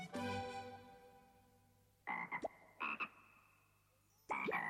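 A frog croaks loudly, opening with a long, buzzy, harmonic-rich call, then repeats in shorter raspy bursts separated by pauses. No one speaks.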